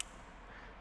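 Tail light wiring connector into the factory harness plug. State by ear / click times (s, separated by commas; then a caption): seated / 0.0 s. The large connector on the back of a new LED sequential tail light for a C7 Corvette is plugged into the matching factory harness plug. A single sharp plastic click is heard at 0.0 s, followed by a low steady background. The connector is seated.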